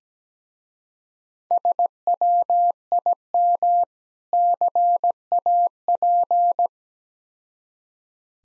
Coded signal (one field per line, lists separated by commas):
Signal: Morse code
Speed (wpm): 17 wpm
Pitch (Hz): 700 Hz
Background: none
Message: SWIM CAP